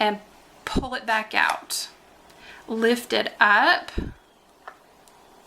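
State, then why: Seated. Someone talks while lifting the hinged plastic lid of a new ink pad and pushing it back down onto the case. The lid snaps shut with a sharp click at 4.7 s, closing completely at the front; the pad is new and still a little tight.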